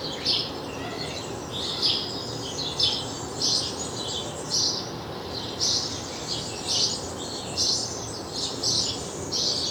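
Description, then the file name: House sparrow chirping in short, emphatic notes, roughly one per second, some doubled, against steady background noise. "Passer domesticus"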